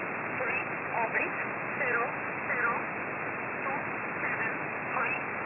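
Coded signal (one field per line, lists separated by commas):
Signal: numbers station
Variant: E11 Oblique, English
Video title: 17 02 2022 Number station E11 Oblique in English to Eu 0930 on 7469 unknown tx site in USB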